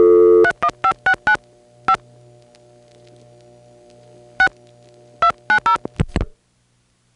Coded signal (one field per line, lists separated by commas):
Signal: DTMF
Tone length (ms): 90 ms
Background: music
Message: 31569 5 6 290